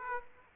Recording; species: mosquito wingbeat signal from an infrared sensor; Aedes aegypti